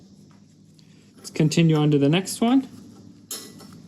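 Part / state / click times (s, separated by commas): steel ball into CV joint cage / seated / 3.3 s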